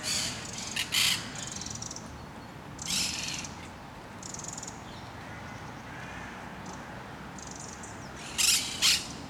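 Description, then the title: Parakeets uttering scattered harsh screeches: a pair at the start, one near three seconds, softer ones midway, and a loud double squawk at the end. Parc de Forest, Saint-Gilles, Belgium; recorded with Sony PCM-D100 internal microphones set in wide position. "Parc de Forest, 1060 Saint-Gilles, Belgique - Parakeets - Perruches"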